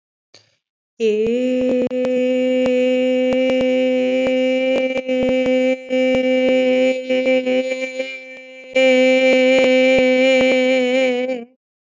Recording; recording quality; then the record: sustained vowel as in made; excellent, no background noise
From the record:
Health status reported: COVID-19 positive, mild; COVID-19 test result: positive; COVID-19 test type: RT-PCR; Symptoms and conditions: cough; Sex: female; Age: 29 years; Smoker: no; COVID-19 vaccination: both doses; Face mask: not worn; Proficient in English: yes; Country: India